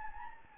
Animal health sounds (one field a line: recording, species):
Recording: mosquito wingbeat signal from an infrared sensor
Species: Anopheles gambiae